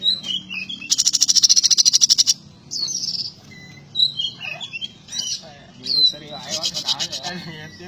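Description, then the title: Small bird singing a varied, loud song: a fast buzzy trill for over a second, then sharp chirps, short whistles and rapid twittering phrases with brief gaps. "Burung Kecil"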